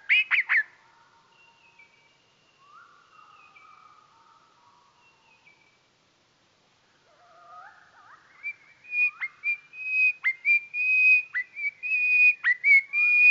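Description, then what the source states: Goldcrest song, slowed: a brief loud burst, then faint drawn-out whistles and a pause, before a louder, quickening series of high notes. Song slowed down.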